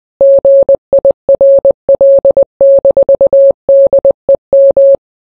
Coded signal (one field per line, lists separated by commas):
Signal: Morse code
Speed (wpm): 20 wpm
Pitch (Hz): 550 Hz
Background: none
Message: GIRL-DEM